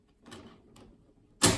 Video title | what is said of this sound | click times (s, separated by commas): Apple Macintosh SE Dual Floppy | the nice clicking noise and then go to the back turn the power on so | 0.8 s